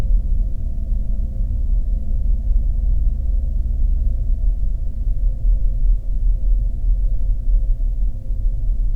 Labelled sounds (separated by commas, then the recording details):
machinery, flare stack
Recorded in the Arctic National Wildlife Refuge, Alaska, on 3 September 2019 at 09:43
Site 48